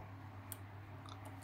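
On a Seiko Pogue 6139-6002 mechanical watch movement, the automatic-winding plate screws are backed off about a turn and a half and the plate is lifted slightly. A single sharp click at 0.5 s marks the automatic system's tension releasing, followed by a fainter tick at 1.1 s over a steady low hum.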